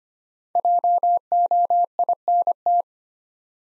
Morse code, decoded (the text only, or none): JOINT